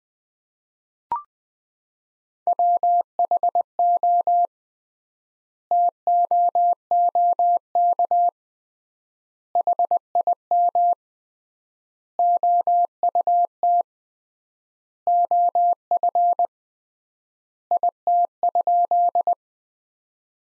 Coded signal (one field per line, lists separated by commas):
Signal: Morse code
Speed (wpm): 20 wpm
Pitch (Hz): 700 Hz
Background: none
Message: WHO TOOK HIM OUT OF IT?